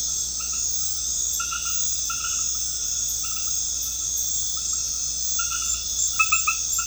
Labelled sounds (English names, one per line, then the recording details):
none
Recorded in pastures near Puerto Asís, Putumayo, Colombia, on 13 March 2025 at 20:30
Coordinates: 0.502, -76.324
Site GP07